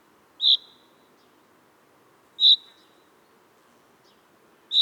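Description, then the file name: Common chaffinch giving brief bright call notes, three in a row, spaced roughly two seconds apart against soft background hiss. "Fringilla coelebs"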